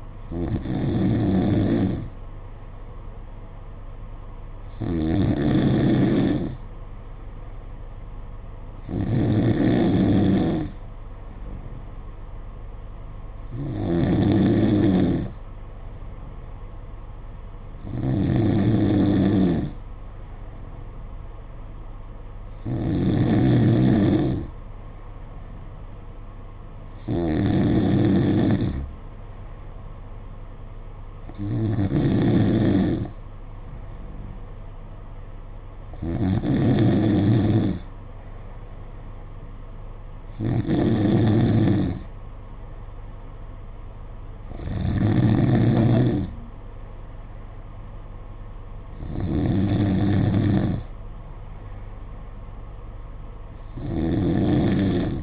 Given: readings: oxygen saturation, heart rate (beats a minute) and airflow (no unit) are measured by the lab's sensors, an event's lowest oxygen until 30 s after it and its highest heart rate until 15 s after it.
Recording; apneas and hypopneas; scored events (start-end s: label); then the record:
breathing in sleep by a smartphone at the bedside; none
none scored
From the record:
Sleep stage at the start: N2 (light sleep); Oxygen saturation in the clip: 93%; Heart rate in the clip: 54 to 58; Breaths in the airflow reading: 12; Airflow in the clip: -4.7 to 4.3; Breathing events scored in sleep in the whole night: 476 in 9.7 hours asleep